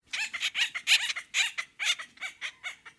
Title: Acorn Woodpecker